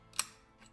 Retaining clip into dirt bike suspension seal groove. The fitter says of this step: take our little flat screwdriver and just push it back into the till it clicks